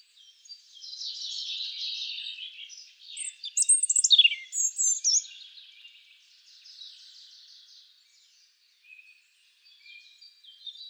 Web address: SETE data Erithacus rubecula